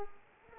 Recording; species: mosquito wingbeat signal from an infrared sensor; Culex pipiens